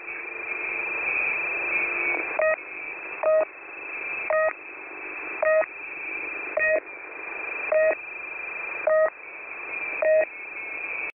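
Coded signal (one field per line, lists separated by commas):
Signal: channel marker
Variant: The Pip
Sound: short buzzy beeps repeating about once a second over steady radio hiss, nine beeps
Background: radio static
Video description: The Pip 5448 khz (Day Time)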